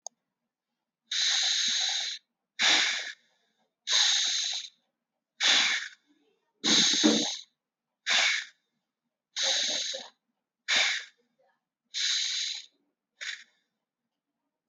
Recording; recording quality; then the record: shallow breathing; excellent, no background noise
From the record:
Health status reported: healthy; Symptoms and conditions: none ticked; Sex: male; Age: 25 years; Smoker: not ticked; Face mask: not worn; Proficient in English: yes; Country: India